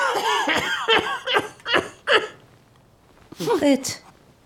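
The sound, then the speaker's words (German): A man coughs in a villa bedroom in November 1924, a run of harsh, throaty bursts, about five in quick succession, then falls quiet briefly before a last strained, groaning cough. “Fritz, plagt dich der Husten wieder?”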